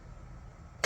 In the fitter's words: right and pretty much locks into place it's kind of warped